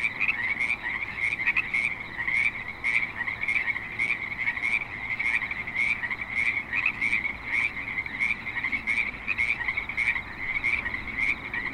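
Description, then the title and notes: Dense frog chorus, many raspy croaks tumbling over each other rapidly and continuously. Frogs at a creek in Spanish Springs, Nevada, USA, in a suburban setting. "Frogs in Spanish Springs, NV - creek view. Frogs with light traffic and other suburban sounds"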